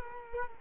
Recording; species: mosquito wingbeat signal from an infrared sensor; Culex quinquefasciatus